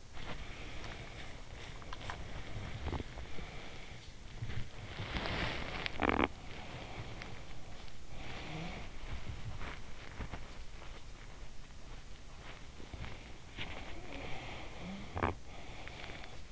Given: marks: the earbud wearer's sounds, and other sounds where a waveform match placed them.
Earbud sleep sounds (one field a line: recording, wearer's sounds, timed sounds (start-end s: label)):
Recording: sounds in sleep by an in-ear microphone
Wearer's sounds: body movement, teeth grinding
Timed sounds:
0.20-5.75 s: body movement
5.75-6.78 s: teeth grinding
6.78-10.74 s: body movement
13.89-16.52 s: teeth grinding